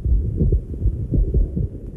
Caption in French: La forme d'arythmie la plus fréquente, c'est ce qu'on appelle la fibrillation auriculaire. C'est totalement irrégulier. C'est une sorte d'orage électrique, oui, où le cœur va s'emballer et se contracter de façon totalement anarchique.